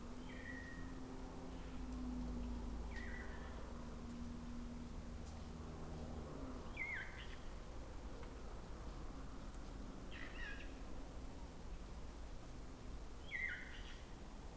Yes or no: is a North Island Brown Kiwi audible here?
no